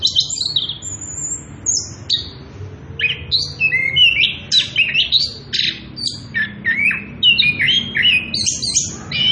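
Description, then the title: Orange-headed thrush singing a fast, varied medley of high whistles, chirps and short trills, phrases tumbling one after another. Energetic continuous singing (ngerol) at high volume, used as a lure and training recording for young birds (trotolan). "Anis Kembang Gacor. pancingan anis kembang ngerol edan volume dasyattt cocok buat masteran trotolan"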